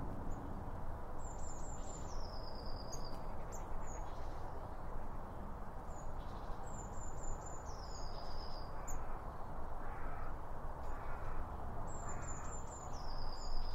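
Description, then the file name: Birds repeating a high whistled phrase that steps down into a trill, about every five seconds, with scattered short chips and constant low rumbling noise. Birds around a bird feeder, recorded with two Line Audio OM1 microphones. "Birds Around Birdfeeding With Two Om 1 From Line Audio"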